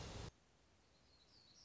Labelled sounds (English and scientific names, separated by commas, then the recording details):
Black-throated Gray Warbler (Setophaga nigrescens)
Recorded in Sonoma County, California